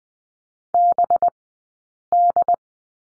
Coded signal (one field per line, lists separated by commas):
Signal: Morse code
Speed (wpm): 20 wpm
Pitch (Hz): 700 Hz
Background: none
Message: BD